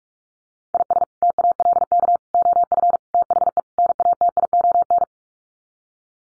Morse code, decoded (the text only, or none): IS TALK OF THE NATION